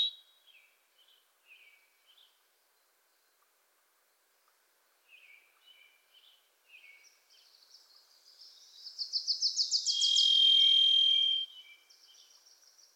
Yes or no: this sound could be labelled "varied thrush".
yes